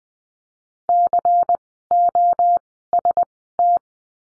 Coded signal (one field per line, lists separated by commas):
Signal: Morse code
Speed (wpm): 20 wpm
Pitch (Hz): 700 Hz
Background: none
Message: COST